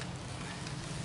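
The roof hub of a pop-up hunting ground blind is pushed inward during takedown, with a steady broadband rustle and a low hum throughout and no sharp transients. Nothing has seated or clicked yet.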